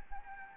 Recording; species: mosquito wingbeat signal from an infrared sensor; Anopheles gambiae